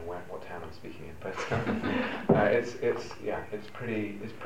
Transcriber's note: laughter